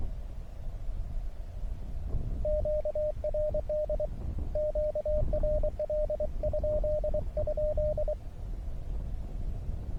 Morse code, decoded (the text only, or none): QRD QRL??